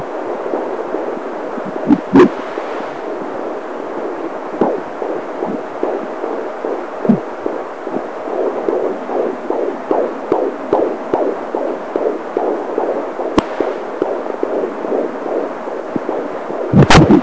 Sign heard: Baby heartbeat.